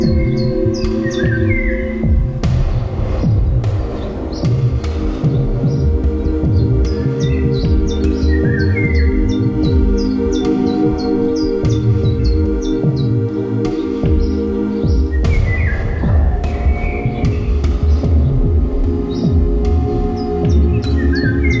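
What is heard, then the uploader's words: Birds chirp and whistle in short, scattered phrases throughout, some bright and high, others lower warbles. Beneath them runs a loud, steady low hum and throbbing drone, with occasional sharp knocks or rustles around three and fifteen seconds. Bird sounds recorded May 9, 2020 in Germany. I added some virtual noise.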